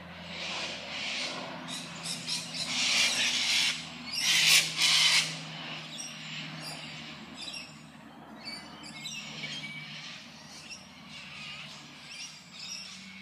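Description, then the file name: Bird chirping in dense, high twittering bursts, loudest around four to five seconds, then thinning out, over a low steady hum. "Tweet"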